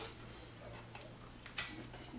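A roof frame bar is pushed into its connector on the frame of a honey extraction tent; it goes in the wrong way round but still seats. Faint ticks come at about 0.9 s and 1.5 s, then a sharp, bright click at 1.6 s as the bar seats in the connector.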